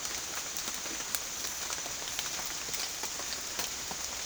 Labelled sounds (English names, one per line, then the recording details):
none
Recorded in pastures near Puerto Asís, Putumayo, Colombia, on 27 June 2025 at 08:00
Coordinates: 0.502, -76.324
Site G010